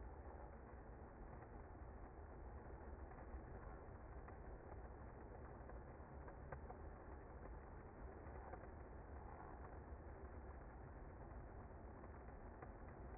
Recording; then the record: honeybee colony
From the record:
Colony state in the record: active